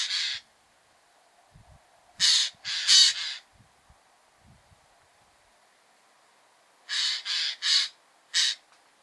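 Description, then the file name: Eurasian jay calling with hoarse, scratchy screeches: a single note, then bursts of several harsh notes separated by quiet pauses. "Garrulus glandarius"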